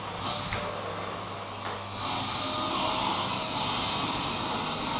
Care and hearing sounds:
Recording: daily activity, microphone in the room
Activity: vacuum cleaning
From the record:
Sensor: 1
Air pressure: 995.3 hPa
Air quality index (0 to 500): 25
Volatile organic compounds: 1 ppm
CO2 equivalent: 508 ppm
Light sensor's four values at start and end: 14/46/17/18 and 17/57/21/23

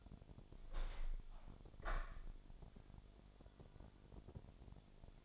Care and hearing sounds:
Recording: daily activity, microphone in the room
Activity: open window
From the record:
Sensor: 5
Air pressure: 1006.5 hPa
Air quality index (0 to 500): 186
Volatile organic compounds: 5 ppm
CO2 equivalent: 1766 ppm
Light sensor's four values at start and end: 56/159/62/62 and 56/159/62/62

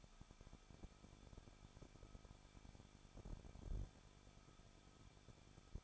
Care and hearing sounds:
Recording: daily activity, microphone in the room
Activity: no activity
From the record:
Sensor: 5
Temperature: 20.7 degrees Celsius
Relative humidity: 38.3%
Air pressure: 1006.6 hPa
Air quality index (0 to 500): 186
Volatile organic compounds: 17 ppm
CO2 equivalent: 2597 ppm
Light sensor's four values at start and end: 2/3/1/1 and 2/3/1/1

